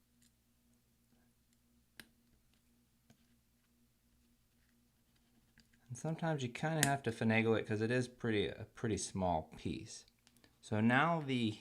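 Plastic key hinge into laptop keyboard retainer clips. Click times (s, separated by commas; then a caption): 2.0 s. A small plastic scissor hinge for the down arrow key of a 13" mid-2010 MacBook Pro 2.4 GHz (MC374) is pushed down with a finger into the laptop keyboard's retainer clips, and it clicks in with a sharp, short click at 2.0 s, after which the hinge is installed. Fitting it sometimes takes some finagling because it is such a small piece. After a quiet stretch, someone talks from about 6 s to the end.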